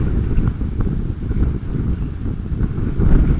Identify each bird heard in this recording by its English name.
none